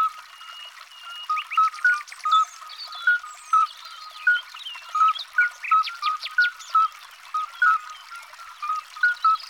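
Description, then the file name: Midwife toad calls: short, pure, fluty piping notes at a steady pitch, repeated a few times a second, with chirping birds above. "Alyte"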